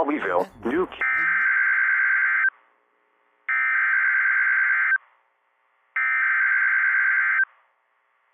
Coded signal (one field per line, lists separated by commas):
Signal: Emergency Alert System (SAME) tones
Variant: header bursts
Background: speech